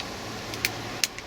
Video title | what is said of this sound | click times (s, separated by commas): Here's how to Retrofit Apple CarPlay or Android Auto aftermarket on a Volvo XC60 | just clicks back into position and | 0.6 s, 1.0 s